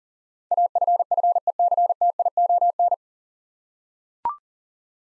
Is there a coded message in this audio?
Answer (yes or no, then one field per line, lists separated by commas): yes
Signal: Morse code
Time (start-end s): 0.5-2.9 s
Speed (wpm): 40 wpm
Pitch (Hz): 700 Hz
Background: none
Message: AFFECTION